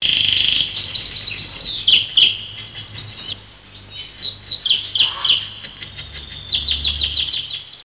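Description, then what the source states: Canary chirping in fast, quavering trills and twittering bursts, high and rapid, pulsing in uneven waves. Tremolo chirping.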